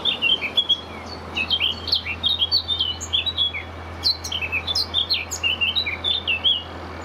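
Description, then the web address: Eurasian blackcap song, a continuous fast warble of sweet whistled and chattering notes throughout, with a steady low background hum. Recorded 9 May 2022. "2022 05 blackcap 09052022"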